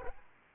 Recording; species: mosquito wingbeat signal from an infrared sensor; Aedes aegypti